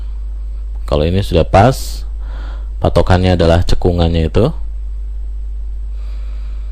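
A RAM module is lined up by its notch with the motherboard memory slot while someone talks over a steady low hum. It is handled but not yet pressed home, and nothing has seated or clicked yet.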